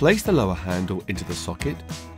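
The lower handle of a Gtech Power Sweeper (SW02, SW20, SW22, SW26) is being placed into the sweeper's handle socket, with its plastic locking clip about to be pushed back into place to lock it. Someone talks over background music throughout. Nothing has seated or clicked yet.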